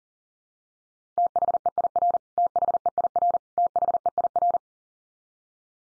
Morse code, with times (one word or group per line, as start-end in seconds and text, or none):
1.2-2.2 THEIR
2.4-3.4 THEIR
3.6-4.6 THEIR